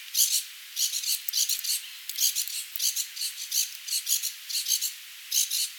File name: Melanerpes formicivorus - Acorn Woodpecker